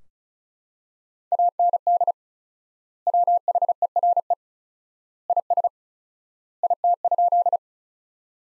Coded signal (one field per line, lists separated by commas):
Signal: Morse code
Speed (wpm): 36 wpm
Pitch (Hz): 700 Hz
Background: none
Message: AND WHERE IS IT?